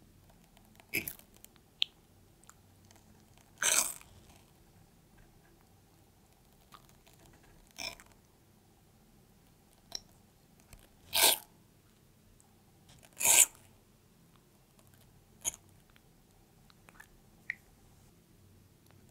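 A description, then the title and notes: A pet tortoise eats watermelon in short, wet, crunching bites that come roughly every two seconds, the loudest near 4, 11 and 13 seconds. Quieter smacking sounds fall between the bites, over a low, steady hum. PET TORTOISE EATING CORONAVIRUS WATERMELON.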